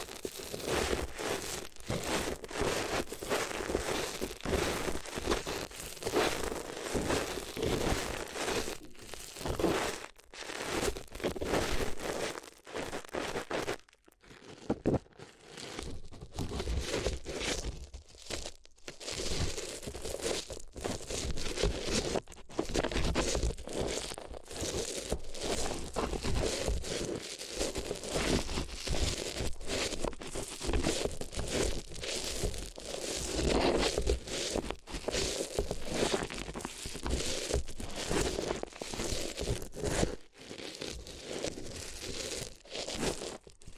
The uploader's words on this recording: ASMR If You Had Paper Ears (No Talking).